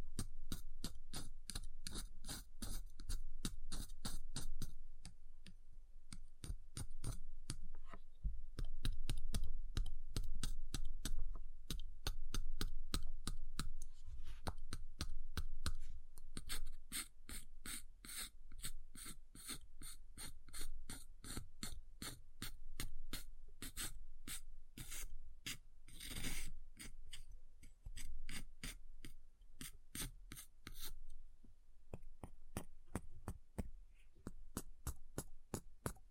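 Ice is tapped, scratched and carved in a steady run of sharp, bright strokes, several per second, with rasping scrapes mixed in. A low rumble sits underneath throughout. Around the 26-second mark one longer, harsher scrape stands out.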